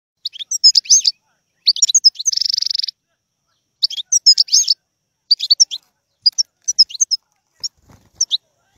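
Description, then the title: European goldfinch song, a jumble of tinkling, chattering notes broken by a short buzzy trill, delivered in quick scattered phrases with brief gaps. Song of a wild bird. "اجمل غناءالحسون الخلويchant chardonneret sauvage"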